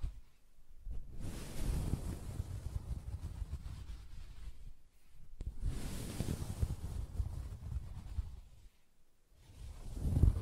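Soft fabric is scratched in long, slow rubbing sweeps, each lasting a few seconds, with a dull low rumble under a soft hiss. Short quiet pauses fall near one, five and nine seconds, and a louder bump closes the clip.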